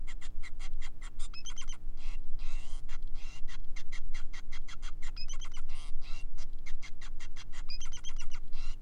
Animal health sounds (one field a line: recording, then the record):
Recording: song of a male Bengalese finch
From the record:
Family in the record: son of father 5